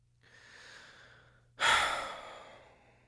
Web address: Reindeer(s)